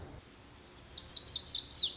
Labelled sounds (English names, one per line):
Lazuli Bunting